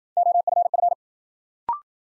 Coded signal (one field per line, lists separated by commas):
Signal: Morse code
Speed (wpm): 52 wpm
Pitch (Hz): 700 Hz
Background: none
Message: OFF